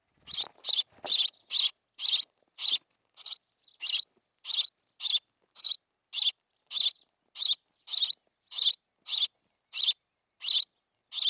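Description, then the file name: House sparrow chirping fast and persistently, about two loud chirps every second, with a brief scraping rustle at the start. "Passer domesticus"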